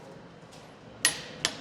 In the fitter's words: you can hear that torque wrench click